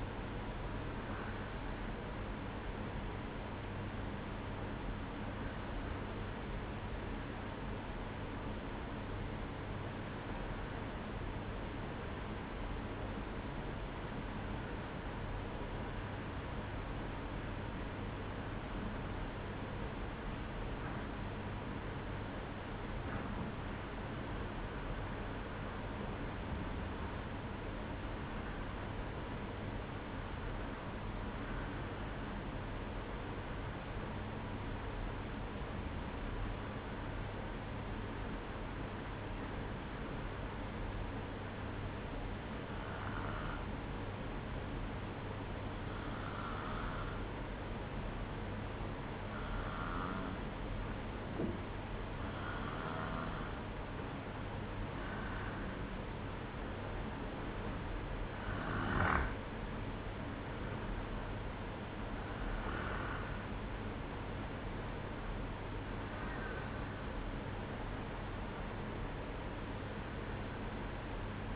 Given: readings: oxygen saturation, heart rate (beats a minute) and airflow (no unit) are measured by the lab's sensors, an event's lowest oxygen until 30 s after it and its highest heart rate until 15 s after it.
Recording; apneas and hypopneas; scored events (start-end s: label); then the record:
breathing in sleep by a voice recorder at the bedside; 1
12.00-52.70 s: hypopnea (N1, oxygen 95% highest, then 91% lowest, heart rate 56 at the start, 67 highest)
27.00-71.56 s: new sleep stage, N2 (light sleep)
From the record:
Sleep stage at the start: N1 (lightest sleep); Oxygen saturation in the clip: 92 to 95%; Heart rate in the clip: 55 to 67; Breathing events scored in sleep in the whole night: 305 in 9.6 hours asleep